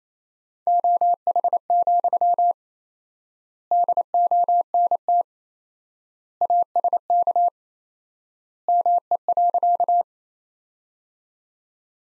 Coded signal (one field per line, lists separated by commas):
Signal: Morse code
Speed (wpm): 28 wpm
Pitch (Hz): 700 Hz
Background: none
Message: OH, DONT ASK ME.